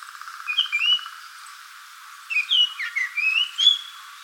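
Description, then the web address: Japanese grosbeak giving clear, slurred whistled notes in two short bursts separated by a quiet pause of over a second. "birdenaga ikaru"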